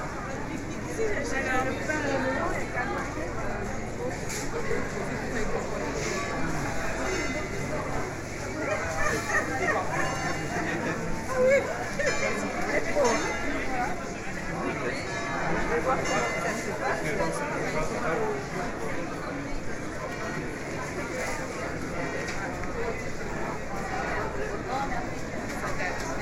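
Busy market crowd with locals and tourists talking all at once, a dense, steady murmur of overlapping voices. Occasional clinks and brief louder exclamations stand out, and a low rumble, possibly a passing vehicle, sits underneath throughout.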